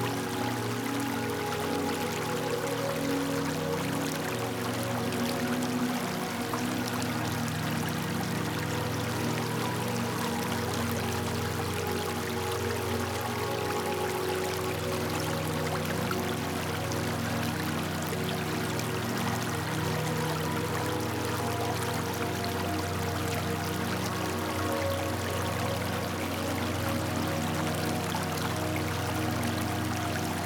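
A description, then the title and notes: A crisp flowing stream runs steadily throughout, a dense, unbroken rush of water with bright splashy detail and constant low burbling underneath. Crisp Flowing Stream.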